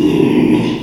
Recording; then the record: squeal of a Yucatan mini pig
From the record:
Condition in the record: after surgery on the right vocal fold (resection and tissue-engineered implant); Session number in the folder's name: 1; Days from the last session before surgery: 6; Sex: male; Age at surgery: 12 weeks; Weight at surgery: 13 kg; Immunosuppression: cyclosporine, prednisolone